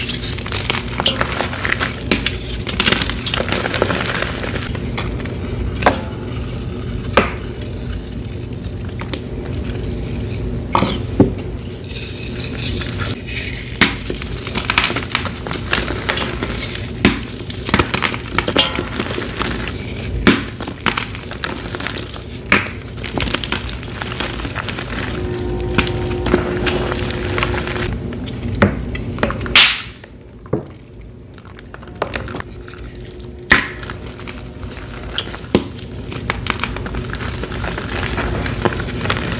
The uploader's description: crushing dyed gym chalk with Pinesol, Fabuloso, cleaning foam spray, baby powder, cornstarch, dish soap, and more!